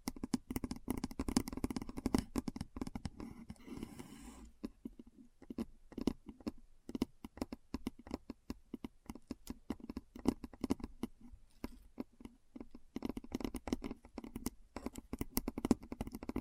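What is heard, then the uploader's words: Keyboard typing in rapid bursts of sharp clicks and clacks over a low thudding undertone, with brief pauses and denser runs near the end. ASMR Keyboard Sounds (No Talking).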